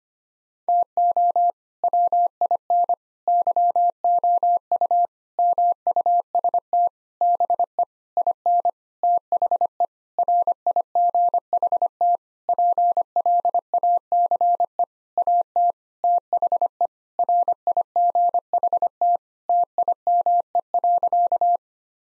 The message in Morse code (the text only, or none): TO WIN YOU MUST BE IN THE RIGHT PLACE AT THE RIGHT TIME.